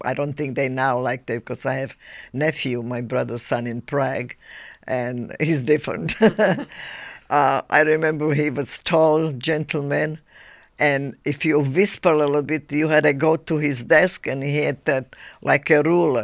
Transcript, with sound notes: I don't think they now like that because I have nephew, my brother's son, in Prague and he's different. (she laughs) I remember he was tall gentleman and if you whisper little bit, you had to go to his desk and he had like a ruler.